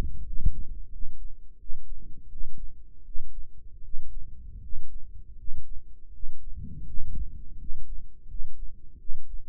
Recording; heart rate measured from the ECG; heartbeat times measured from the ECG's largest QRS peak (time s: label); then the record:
heart sounds by microphone in the right ear; 82 bpm
0.23 s: heartbeat
0.90 s: heartbeat
1.57 s: heartbeat
2.28 s: heartbeat
3.03 s: heartbeat
3.81 s: heartbeat
4.60 s: heartbeat
5.35 s: heartbeat
6.11 s: heartbeat
6.85 s: heartbeat
7.57 s: heartbeat
8.26 s: heartbeat
8.97 s: heartbeat
From the record:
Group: healthy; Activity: rest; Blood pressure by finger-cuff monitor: 112/73 mmHg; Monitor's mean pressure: 81 mmHg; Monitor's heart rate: 83 bpm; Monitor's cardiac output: 6.5 L/min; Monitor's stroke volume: 80 mL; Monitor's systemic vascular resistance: 890 dyn s/cm5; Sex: male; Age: 35 years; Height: 180 cm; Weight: 86.9 kg